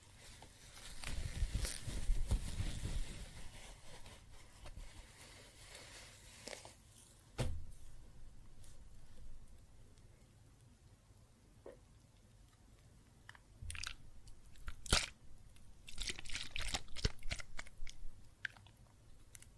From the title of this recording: Water and Soap Foam Sounds